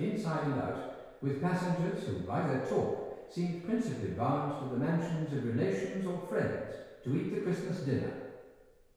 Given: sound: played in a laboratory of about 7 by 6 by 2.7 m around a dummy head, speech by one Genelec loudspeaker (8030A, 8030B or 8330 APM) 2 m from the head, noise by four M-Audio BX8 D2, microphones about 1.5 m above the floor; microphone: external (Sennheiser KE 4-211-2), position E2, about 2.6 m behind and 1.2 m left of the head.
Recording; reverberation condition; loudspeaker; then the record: male speech in English; high; behind (180 degrees)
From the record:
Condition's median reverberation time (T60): about 1300 ms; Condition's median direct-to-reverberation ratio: about -4.0 dB